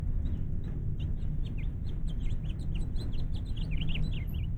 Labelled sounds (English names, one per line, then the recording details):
House Finch song
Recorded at North Valley Stream on Long Island, New York, on 11 June 1975
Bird A